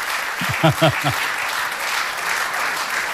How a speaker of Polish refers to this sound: Wielkie dla Was brawa, wielki szacunek.